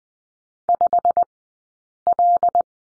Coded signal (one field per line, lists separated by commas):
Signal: Morse code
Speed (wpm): 20 wpm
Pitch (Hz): 700 Hz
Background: none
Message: 5L